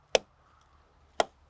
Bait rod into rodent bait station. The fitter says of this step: so what we're going to do is we're going to snap this in and it just snaps right in